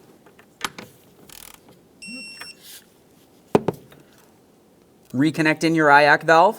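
A torque wrench tightens the idle air control valve mounting bolts on a 2002–2005 Ford Explorer to 89 inch-pounds, and it clicks at its setting at 0.7 s and 3.6 s. Short beeping tones sound between the clicks, and someone talks at the end.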